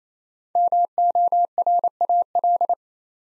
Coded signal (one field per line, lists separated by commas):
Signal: Morse code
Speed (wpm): 29 wpm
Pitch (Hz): 700 Hz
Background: none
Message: MORAL